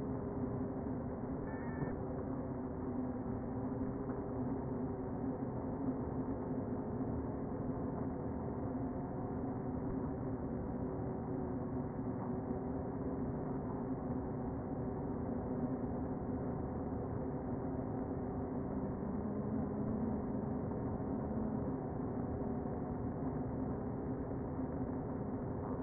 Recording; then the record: honeybee colony, microphone inside the hive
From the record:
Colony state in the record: queen present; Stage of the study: before two queens were removed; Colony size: about 60,000 bees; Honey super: yes